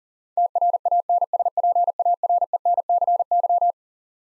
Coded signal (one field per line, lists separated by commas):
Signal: Morse code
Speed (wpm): 40 wpm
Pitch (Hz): 700 Hz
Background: none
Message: TRANSPARENCY